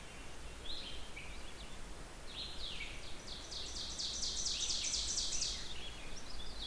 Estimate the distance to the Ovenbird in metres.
about 40 m